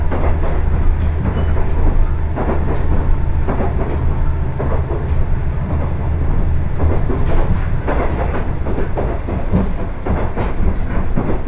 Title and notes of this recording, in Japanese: 鉄道旅 気仙沼線 前谷地→柳津。キハ110系の２両編成が快走していきます